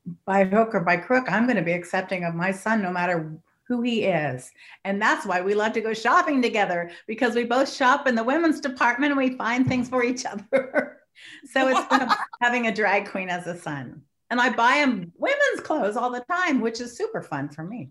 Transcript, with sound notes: by hook or by crook, I’m going to be accepting of my son, no matter who he is, and that’s why we love to go shopping together because we both shop in the women’s department and we find things for each other! (laughing) So it’s been a xxxx having a drag queen as a son—and I buy him women’s clothes all the time, which is super fun for me.